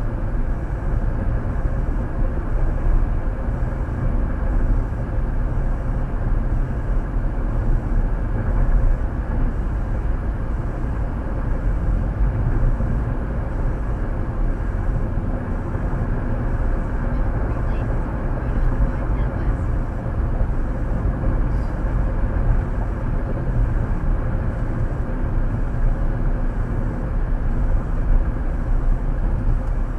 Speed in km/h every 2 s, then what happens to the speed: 100, 100, 103, 103, 101, 103, 103, 101, 101, 101, 101, 101, 100, 95, 93.
0-22 steady at about 101. 22-30 slows to 93.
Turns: none.